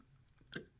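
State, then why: Seated. An interchangeable Susan Bates crochet hook is popped into its spring-loaded twist-lock handle. A single sharp click is heard at 0.5 s as the hook seats into the handle.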